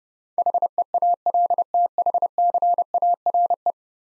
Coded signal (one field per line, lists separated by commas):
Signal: Morse code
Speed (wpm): 30 wpm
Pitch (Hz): 700 Hz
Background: none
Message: HEALTHCARE